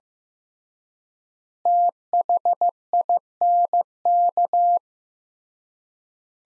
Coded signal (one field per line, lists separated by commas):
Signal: Morse code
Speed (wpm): 15 wpm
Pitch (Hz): 700 Hz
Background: none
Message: THINK